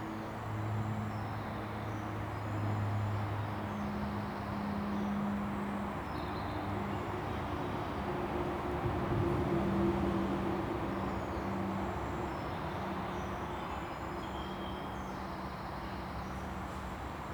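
Standing beneath a busy road, a constant low rumble of traffic, thick and unbroken. Deep humming tones from passing vehicles drift and overlap, with a slight swell around the middle as heavier traffic passes overhead, and faint higher whines above.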